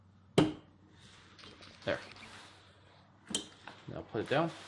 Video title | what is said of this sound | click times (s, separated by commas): 1999 Jeep Grand Cherokee - Replace Rear Windshield Wiper Blades | pull up until it clicks there | 0.4 s